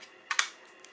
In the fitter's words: put the battery in there locked it in ready to go